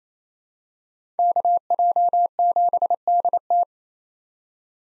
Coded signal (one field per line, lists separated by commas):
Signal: Morse code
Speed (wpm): 28 wpm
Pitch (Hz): 700 Hz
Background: none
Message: KJ7DT